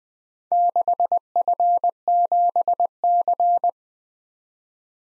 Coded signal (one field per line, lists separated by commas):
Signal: Morse code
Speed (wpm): 20 wpm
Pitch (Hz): 700 Hz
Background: none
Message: 6F7C